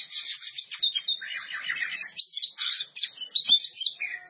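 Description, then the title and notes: Oriental magpie-robin song, a dense stream of scratchy, buzzy and whistled notes delivered almost without pause. Champion singing bird. "Kicau Burung Kacer Juara. Suara Kicauan Burung Kacer Juara"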